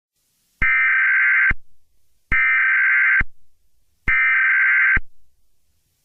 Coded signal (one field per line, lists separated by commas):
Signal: Emergency Alert System (SAME) tones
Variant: header bursts